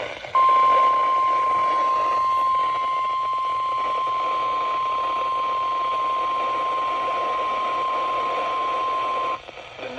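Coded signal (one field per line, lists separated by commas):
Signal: Emergency Alert System (SAME) tones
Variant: 1050 Hz attention tone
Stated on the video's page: Compilation of real EAS alerts.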